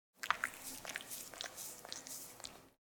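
Cat grooming, wet licking and smacking with soft irregular clicks for about two and a half seconds, otherwise quiet.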